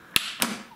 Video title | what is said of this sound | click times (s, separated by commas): CECOTEC VS LIDL - ULTRACUISEUR VS MULTICUISEUR - RECETTE DE BOULETTES SAUCE AIGRE-DOUCE | vérifie qu'il est bien enclenché | 0.2 s